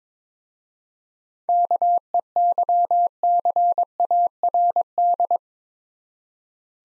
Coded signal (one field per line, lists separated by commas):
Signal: Morse code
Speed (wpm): 22 wpm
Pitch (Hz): 700 Hz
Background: none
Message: KEYCARD